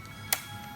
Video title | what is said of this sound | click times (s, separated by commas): 2015-2017 Ford F-Series - 4" to 8" Sync 3 GPS Navigation Upgrade - Easy Plug & Play Install! | You'll hear it click. | 0.3 s